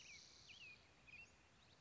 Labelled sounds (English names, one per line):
Western Flycatcher